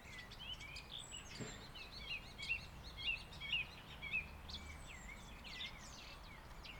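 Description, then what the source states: Common Starling song: a busy run of varied whistles, clicks and short slurred notes, some rising, some falling, over a steady low background hiss. Starling heard in the background.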